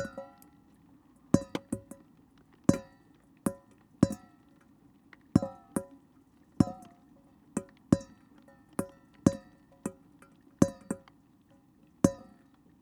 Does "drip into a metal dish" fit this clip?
yes